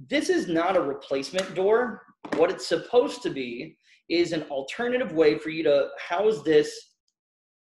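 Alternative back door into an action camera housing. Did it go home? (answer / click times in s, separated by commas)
no / none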